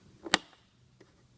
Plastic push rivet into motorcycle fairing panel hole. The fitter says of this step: it down until it clicks and it is reinstalled